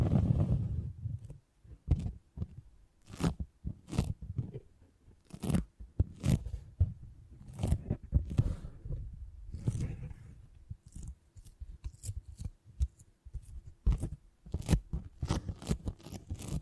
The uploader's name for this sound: Brain Tingly Sounds Using Beeswax